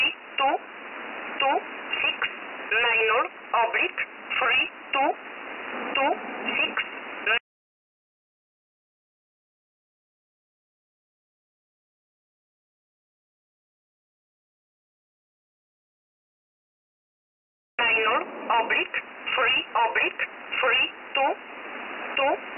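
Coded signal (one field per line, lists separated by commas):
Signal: numbers station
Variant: E11 Oblique, English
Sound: voice reading words over radio, then about ten seconds of silence, then more words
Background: radio static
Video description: E11 is a very active Polish number station, broadcasting since the 80s. The name "Oblique" comes from the expression for "/", is part of "Polish 11" and is its English mode.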